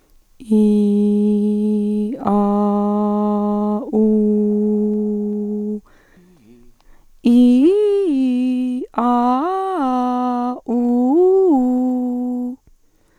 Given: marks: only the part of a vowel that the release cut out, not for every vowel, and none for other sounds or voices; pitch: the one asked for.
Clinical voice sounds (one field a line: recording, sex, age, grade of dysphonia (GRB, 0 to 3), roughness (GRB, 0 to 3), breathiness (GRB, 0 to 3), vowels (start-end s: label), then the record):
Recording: sustained vowels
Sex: female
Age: 30 to 39 years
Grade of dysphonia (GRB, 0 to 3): 0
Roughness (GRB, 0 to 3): 0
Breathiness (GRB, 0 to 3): 0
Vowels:
0.58-2.02 s: vowel /i/, low pitch
2.35-3.74 s: vowel /a/, low pitch
4.02-5.69 s: vowel /u/, low pitch
7.33-8.74 s: vowel /i/, low-high-low pitch
9.07-10.49 s: vowel /a/, low-high-low pitch
10.76-12.44 s: vowel /u/, low-high-low pitch
From the record:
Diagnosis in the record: hyperfunctional dysphonia, dysodia (singing voice disorder)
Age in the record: 38 years